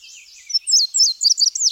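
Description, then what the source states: Indigo bunting song: a run of sharp, high paired notes following a faint jumble of softer chips, with the phrase ending briskly. Indigo bunting described as a bird of the ecotone.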